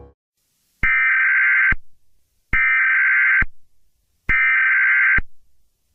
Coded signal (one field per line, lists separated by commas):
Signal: Emergency Alert System (SAME) tones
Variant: header bursts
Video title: EAS Scenario: CHAOS on the COAST